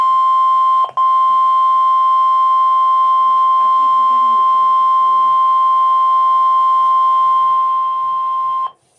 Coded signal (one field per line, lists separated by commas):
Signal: Emergency Alert System (SAME) tones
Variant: 1050 Hz attention tone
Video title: HELPLESS III: THE REMNANTS OF HURRICANE BERYL - EAS Alerts from 7/9/24 #74-81